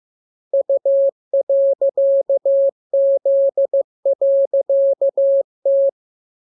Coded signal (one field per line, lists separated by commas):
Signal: Morse code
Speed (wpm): 15 wpm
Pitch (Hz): 550 Hz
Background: none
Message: U.Z.T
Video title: Learning Morse Code. Lesson 31. Letter KMURESNAPTLWI.JZ=FOY,VG5/Q92H38B